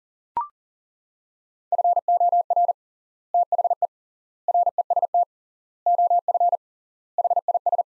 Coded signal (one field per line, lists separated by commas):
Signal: Morse code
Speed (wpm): 40 wpm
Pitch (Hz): 700 Hz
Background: none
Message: FOR THE REST OF HIS